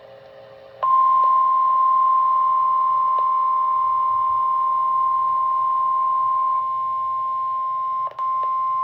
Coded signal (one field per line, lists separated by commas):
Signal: Emergency Alert System (SAME) tones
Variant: 1050 Hz attention tone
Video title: 8/28/26 Severe Thunderstorm Warning for Galveston, Brazoria, and Harris Counties (EAS #86)